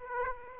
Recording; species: mosquito wingbeat signal from an infrared sensor; Aedes aegypti